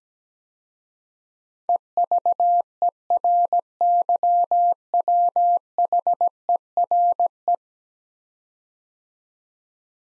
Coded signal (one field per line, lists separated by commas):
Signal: Morse code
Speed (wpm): 17 wpm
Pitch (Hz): 700 Hz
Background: none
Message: EVERYWHERE